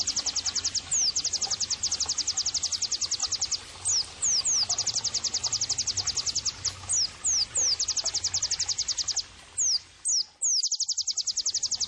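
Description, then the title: White-eye song: a rapid, steady trill of high sharp notes broken by occasional downward-slurred whistles. Pleci singing actively (gacor); therapy and bird-training (masteran) audio for pleci. "Pleci Gacor 05. terapi pleci dextro 87 plus masteran kenari sahdu Dextro87 channel"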